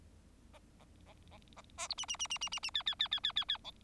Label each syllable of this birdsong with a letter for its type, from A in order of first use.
A A A A A A B C C C C C C C D D D D D D D E